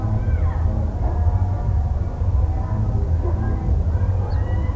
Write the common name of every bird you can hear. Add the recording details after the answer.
Ortolan Bunting. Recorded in France